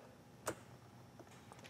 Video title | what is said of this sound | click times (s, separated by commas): Lethal Performance Warehouse VLOG: Installing a UPR Catch Can on our 2018 Mustang GT! | it uses the same factory style connection all you do is press it on you listen for that click check that the secure | 0.5 s